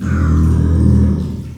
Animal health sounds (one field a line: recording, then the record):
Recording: squeal of a Yucatan mini pig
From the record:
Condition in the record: after surgery on the right vocal fold (resection and tissue-engineered implant)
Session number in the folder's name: 13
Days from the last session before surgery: 113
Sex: female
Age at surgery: 19 weeks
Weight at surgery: 25 kg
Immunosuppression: prednisolone